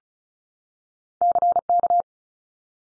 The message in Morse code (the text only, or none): CK